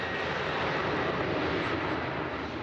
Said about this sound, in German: Ein wackeliges Video eines privaten Senders zeigt, wie die Präsidialmaschine trotz des gesperrten Luftraums vom Flughafen Tunis abhebt.